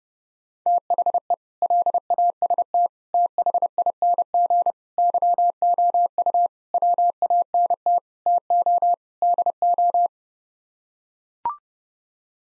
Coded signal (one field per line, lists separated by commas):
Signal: Morse code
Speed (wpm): 32 wpm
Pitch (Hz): 700 Hz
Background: none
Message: THE LAST THING YOU WANT TO DO